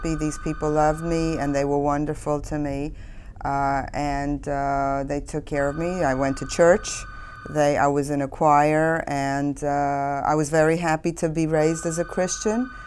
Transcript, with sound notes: These people loved me and they were wonderful to me. And they took care of me. (Telephone is still ringing.) I went to church. I was in a choir and I was very happy to be raised as a Christian.